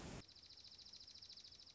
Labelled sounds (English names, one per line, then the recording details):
Dark-eyed Junco
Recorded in Sonoma County, California